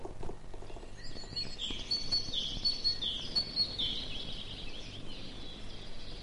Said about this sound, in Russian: В лесу запели чижи, синицы и корольки.